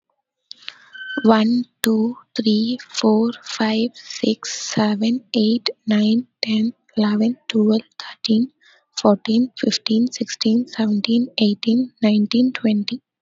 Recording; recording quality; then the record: counting at a normal pace; excellent, no background noise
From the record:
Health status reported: healthy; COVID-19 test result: negative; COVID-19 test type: RT-PCR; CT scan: not taken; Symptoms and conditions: none ticked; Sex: female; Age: 21 years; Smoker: no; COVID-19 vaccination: both doses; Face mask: worn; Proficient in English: yes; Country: India